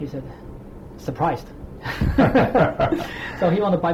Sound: mutual laughter